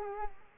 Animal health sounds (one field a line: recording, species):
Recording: mosquito wingbeat signal from an infrared sensor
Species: Culex quinquefasciatus